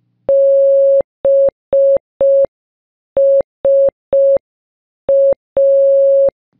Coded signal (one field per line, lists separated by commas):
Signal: Morse code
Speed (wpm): 5 wpm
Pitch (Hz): 550 Hz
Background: none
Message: BSA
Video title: BSA Radio Merit Badge, Requirement 5